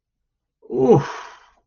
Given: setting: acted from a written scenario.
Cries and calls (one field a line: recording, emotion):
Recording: vocal sound without words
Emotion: relief